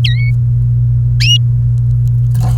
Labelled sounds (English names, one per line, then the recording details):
Domestic Canary song
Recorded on 28 April 2018 at 16:21
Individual llb3